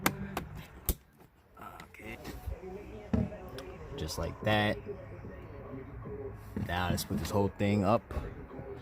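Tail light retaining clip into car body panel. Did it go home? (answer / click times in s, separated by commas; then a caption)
no / none. Someone handles the tail light assembly of a 2011 Infiniti EX35, working its plastic retaining clip or grommet toward the car's body panel while talking. Sharp knocks land at about 0.1, 0.4 and 0.9 seconds, with softer handling thumps later. The clip has not seated or clicked into the body panel yet.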